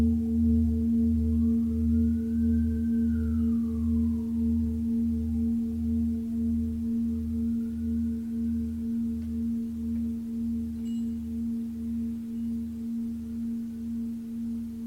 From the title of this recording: Tibetan Singiing Bowl